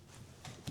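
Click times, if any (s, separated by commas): 0.7 s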